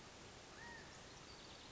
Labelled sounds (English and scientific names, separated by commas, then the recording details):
California Quail (Callipepla californica)
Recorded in Sonoma County, California